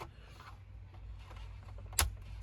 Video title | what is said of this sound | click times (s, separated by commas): Honda Accord Android Radio unbox and installation. May 2026 | That's it, snaps right in. | 2.0 s